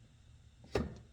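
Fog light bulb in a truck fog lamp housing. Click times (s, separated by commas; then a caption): 0.8 s. An old fog light bulb in the fog lamp housing of a 2020 Toyota Tacoma is turned counterclockwise until it clicks free, ready to be pulled straight out. A single sharp click is heard at 0.8 s against a low background hum, with a faint softer tick shortly after. The bulb is released.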